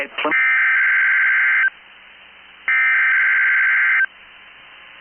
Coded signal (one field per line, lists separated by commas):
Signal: Emergency Alert System (SAME) tones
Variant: header bursts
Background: speech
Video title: 10/12/22 BOX'S Required Weekly Test EAS#248